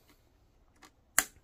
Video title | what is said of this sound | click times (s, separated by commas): HP Omen 45L GT22-1084 Disassembly RAM SSD Hard Drive Upgrade GPU Graphics Card Replacement Repair | okay it was unlatched still so you got to push on this down okay you heard it click | 1.2 s